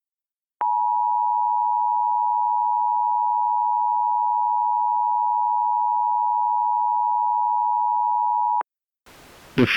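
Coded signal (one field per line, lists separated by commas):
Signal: Emergency Alert System (SAME) tones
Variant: 853 and 960 Hz attention tone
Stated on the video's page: Fictional EAS scenario used in an audio drama.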